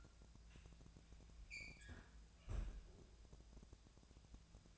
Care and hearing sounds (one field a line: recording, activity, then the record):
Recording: daily activity, microphone in the room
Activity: close fridge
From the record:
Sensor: 2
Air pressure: 999.9 hPa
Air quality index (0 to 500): 124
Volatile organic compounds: 2 ppm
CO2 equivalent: 1061 ppm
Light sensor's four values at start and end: 33/81/35/39 and 33/81/35/39